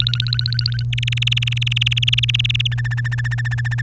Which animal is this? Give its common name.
Domestic Canary